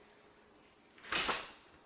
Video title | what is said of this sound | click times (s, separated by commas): Godwin Residence Aiken, SC | You hear the click. | 1.0 s